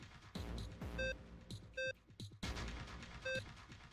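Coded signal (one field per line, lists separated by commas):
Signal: none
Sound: game puzzle sound effects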